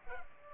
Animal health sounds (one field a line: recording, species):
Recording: mosquito wingbeat signal from an infrared sensor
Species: Culex pipiens